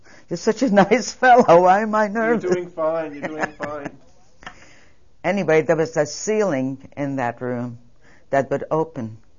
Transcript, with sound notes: You're such a nice fellow. Why am I so nervous? (She laughs.)
You're doing fine. You're doing fine.
Anyway, there was a ceiling in that room that would open--